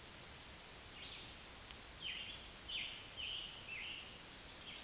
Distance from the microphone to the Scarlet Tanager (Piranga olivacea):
about 45 m